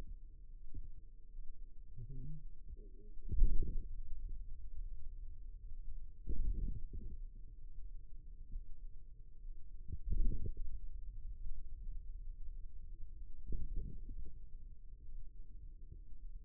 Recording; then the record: forearm muscle sounds (acoustic myography)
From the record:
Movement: radial deviation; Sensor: system 2, bracelet of six BSWA MPA416 microphones around the upper forearm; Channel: 4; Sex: male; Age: 22 years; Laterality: right